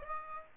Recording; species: mosquito wingbeat signal from an infrared sensor; Aedes aegypti